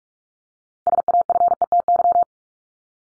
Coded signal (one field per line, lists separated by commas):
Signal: Morse code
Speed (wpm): 44 wpm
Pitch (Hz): 700 Hz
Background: none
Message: SAFETY